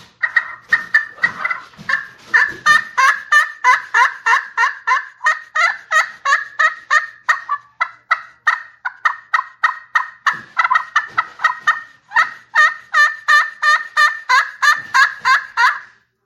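Turkey calling in a fast run of nasal notes, about three per second, kept up steadily throughout with brief breaks.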